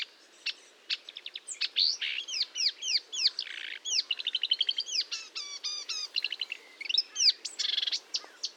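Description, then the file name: Marsh warbler song: a fast, varied stream of high chirps, slurred whistles, buzzy trills and rapid ticking phrases, changing every second or so without pause. Recorded at Fontaine-Française, France, on 1 June 2022 at 10:55, with Nagra and Telinga equipment. "Rousserolle verderolle 20220601 1055 Fontaine-Francaise-Fourneau"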